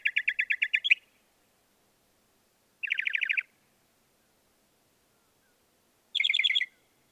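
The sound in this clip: Northern mockingbird song: three separate bursts of fast repeated notes, the last one shifting to a higher, then lower pitch.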